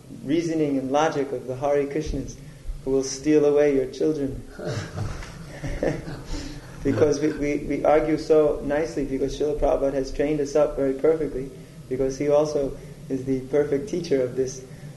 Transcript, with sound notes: reasoning and logic of the Hare Kṛṣṇas, who will steal away your children." [laughs] Because we argue so nicely because Śrīla Prabhupāda has trained us up very perfectly, because he also is the perfect teacher of this.